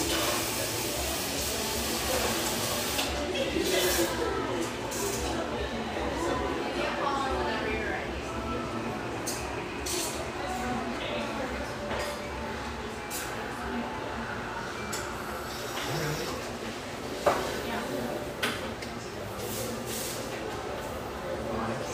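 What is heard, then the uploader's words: Lively coffeeshop ambience with a steady murmur of overlapping voices and a constant low hum underneath. Brief hissing bursts and clinks break through now and then, with a sharp knock around seventeen seconds and another clatter shortly after. Lively ambience from this rustic, bayside coffeeshop.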